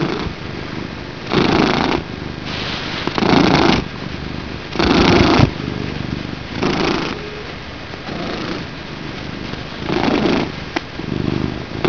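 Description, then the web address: Cat purr, steady low rumble rising in loudness with each breath, pulses roughly every one to two seconds throughout. "cats murdock Purr"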